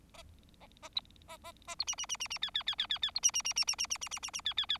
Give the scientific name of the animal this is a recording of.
Lonchura striata domestica